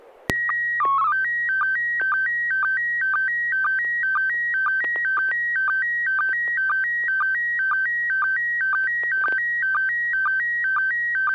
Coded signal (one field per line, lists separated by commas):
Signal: SSTV (slow-scan television)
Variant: PD 120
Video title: N6NA SSTV Net - 12/22/2021